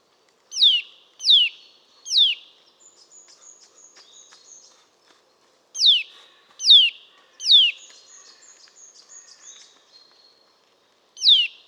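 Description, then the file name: Eurasian nuthatch repeating sharp downslurred piping calls in two bursts of three, then a single call, with softer faint high twittering between the bursts. "Sitta europaea"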